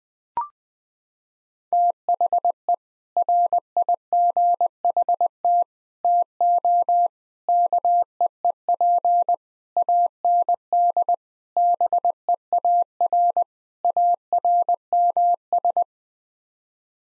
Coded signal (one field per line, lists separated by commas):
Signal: Morse code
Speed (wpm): 21 wpm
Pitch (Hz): 700 Hz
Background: none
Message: THE RIGHT TO KEEP AND BEAR ARMS